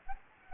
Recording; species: mosquito wingbeat signal from an infrared sensor; Anopheles gambiae